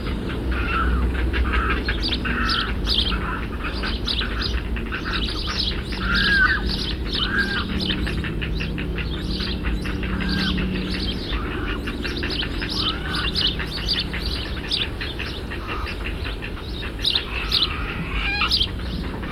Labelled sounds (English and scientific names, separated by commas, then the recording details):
Great Cormorant (Phalacrocorax carbo) call
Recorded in the wild
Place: Niederhof, Insel Rügen, Mecklenburg-Vorpommern, DE
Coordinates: 54.258, 13.196
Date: 1970-06-05
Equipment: Nagra III BH, Sennheiser MD 21, parabola
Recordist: Schubert, Michael